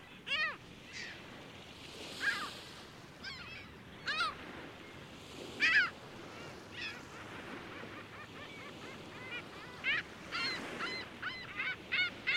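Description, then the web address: Gulls calling, many overlapping harsh, yelping cries in bursts, some rising then falling, repeated throughout with brief quieter gaps and a soft background hiss. Several seagulls, busy flock at Lake Ontario. "Big Room Sound Birds Seagulls Lake Ont Busy"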